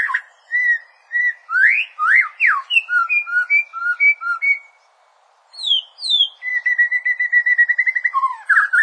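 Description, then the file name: Bird song with varied whistled phrases, repeated evenly spaced notes, a short pause, then a long rapid trill of steady chirps. Quite good song. "recht guter gesang"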